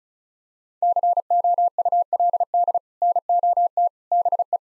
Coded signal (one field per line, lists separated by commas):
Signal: Morse code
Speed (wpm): 34 wpm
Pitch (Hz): 700 Hz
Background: none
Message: COULD NOT BE